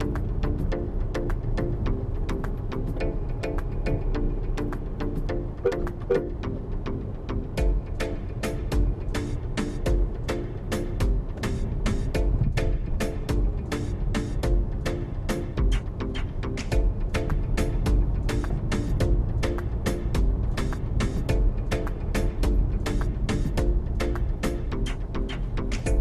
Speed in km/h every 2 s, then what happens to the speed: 35, 35, 32, 31, 31, 34, 32, 32, 37, 40, 39, 27, 31.
0-14 steady at about 32. 14-17 speeds up to 40. 19-22 brakes to 27.